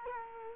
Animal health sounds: mosquito wingbeat signal from an infrared sensor; Culex quinquefasciatus

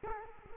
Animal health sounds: mosquito wingbeat signal from an infrared sensor; Culex quinquefasciatus

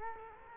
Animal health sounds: mosquito wingbeat signal from an infrared sensor; Culex quinquefasciatus

